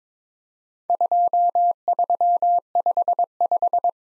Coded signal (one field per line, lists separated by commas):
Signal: Morse code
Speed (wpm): 22 wpm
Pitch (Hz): 700 Hz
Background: none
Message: 2355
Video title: Worked All Europe DX Contest QTC Exchange with Repeats 22wpm